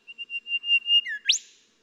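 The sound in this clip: Golden whistler song, a string of steady level whistles swelling in volume, then a downslurred note and a sharp rising whipcrack.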